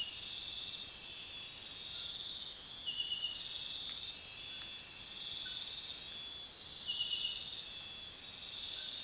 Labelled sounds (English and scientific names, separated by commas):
none